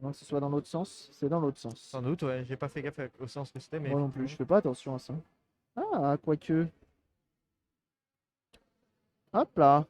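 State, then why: Partly seated. During reassembly of an original Xbox, someone talks while an internal cable connector is pushed into its socket on the console board. A faint tick comes at 8.5 s, but the connector is not fully seated on this first push.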